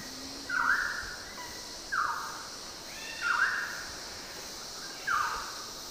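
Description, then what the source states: Bird giving four short harsh notes spaced a second or two apart, against a steady high hiss. Recorded in Papua New Guinea.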